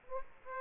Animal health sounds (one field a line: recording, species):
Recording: mosquito wingbeat signal from an infrared sensor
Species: Aedes aegypti